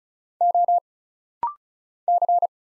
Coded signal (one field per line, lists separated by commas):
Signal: Morse code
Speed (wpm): 36 wpm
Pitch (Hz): 700 Hz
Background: none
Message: O C